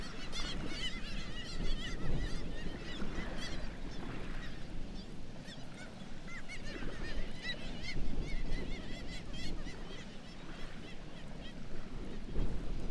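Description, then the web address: Black-legged kittiwakes in a busy chorus, dense overlapping nasal calls throughout, with a constant low rumble beneath. "sound Black-legged-kittiwake. صدای-پرنده-کاکایی-پاسیاه"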